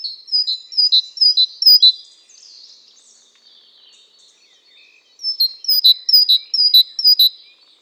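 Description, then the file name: Great tit song: two bouts of ringing two-note phrases, each pair repeated four or five times, separated by a quiet stretch of faint twittering. "Parus major"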